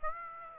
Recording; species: mosquito wingbeat signal from an infrared sensor; Aedes aegypti